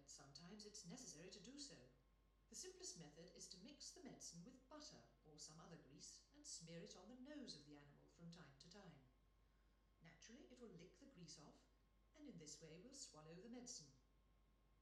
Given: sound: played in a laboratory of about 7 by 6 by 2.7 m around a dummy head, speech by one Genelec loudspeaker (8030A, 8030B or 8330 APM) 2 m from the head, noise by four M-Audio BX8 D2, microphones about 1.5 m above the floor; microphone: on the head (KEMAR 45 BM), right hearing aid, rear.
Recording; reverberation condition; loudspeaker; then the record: female speech in English; medium; 30 degrees to the right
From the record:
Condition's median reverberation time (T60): about 510 ms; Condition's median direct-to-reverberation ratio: about -0.5 dB